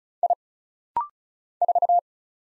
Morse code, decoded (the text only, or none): I 4